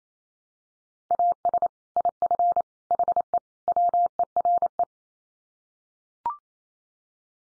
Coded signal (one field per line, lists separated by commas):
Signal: Morse code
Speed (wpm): 28 wpm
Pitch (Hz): 700 Hz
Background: none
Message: AS IF HE WERE